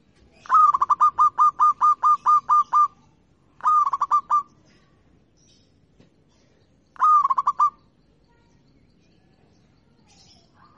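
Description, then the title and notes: Zebra dove opens with a long, even run of about ten quick coos, then gives two shorter rattling bursts. Local (lokal) zebra dove singing. "Kicau Perkutut Lokal 1. Kicau Burung Perkutut"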